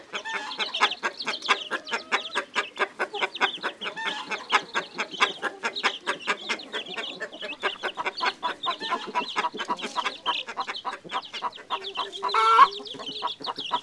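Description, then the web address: Chicken calls: a hen clucks softly beneath a dense, continuous stream of high shrill chick peeps, with one louder squawk near the end. Hen with her chicks. "La-poule-et-ses-poussins mon-imagier-sonore-de-la-nature"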